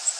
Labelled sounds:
Orange-crowned Warbler (Leiothlypis celata) flight call

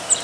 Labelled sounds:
Cape May Warbler (Setophaga tigrina) flight call

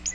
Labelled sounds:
Magnolia Warbler (Setophaga magnolia) flight call

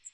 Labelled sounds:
Magnolia Warbler (Setophaga magnolia) flight call

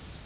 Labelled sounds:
Yellow Warbler (Setophaga petechia) flight call

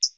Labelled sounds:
Hooded Warbler (Setophaga citrina) flight call

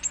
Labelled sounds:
Ovenbird (Seiurus aurocapilla) flight call

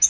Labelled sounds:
Yellow-rumped Warbler (Setophaga coronata) flight call

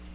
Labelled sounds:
Magnolia Warbler (Setophaga magnolia) flight call

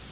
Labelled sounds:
Louisiana Waterthrush (Parkesia motacilla) flight call

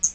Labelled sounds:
Hooded Warbler (Setophaga citrina) flight call

